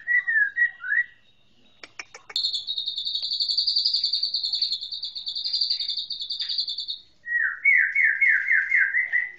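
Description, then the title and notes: White-rumped shama song: short warbled notes, then a long, fast, high buzzy trill lasting about five seconds, ending in a series of repeated descending whistled notes. Training (masteran) song. "Masteran Murai Batu"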